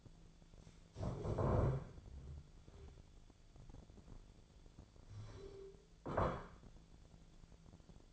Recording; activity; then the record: daily activity, microphone in the room; stand up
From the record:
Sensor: 5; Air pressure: 1008.2 hPa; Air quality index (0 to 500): 155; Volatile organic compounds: 3 ppm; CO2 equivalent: 1491 ppm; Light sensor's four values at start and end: 56/160/62/61 and 56/160/61/61